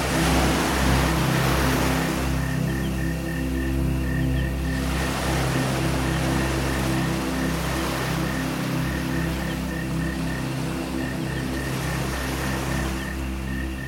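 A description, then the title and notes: Gentle ocean waves wash in close by, each surge swelling and fading every few seconds. Behind them a steady chorus of frogs and insects keeps up a regular, pulsing call, with a low constant rumble underneath throughout. Relax on a tropical beach at sunset. Ocean waves crash gently nearby, and a soothing chorus of frogs and insects call out in the distance.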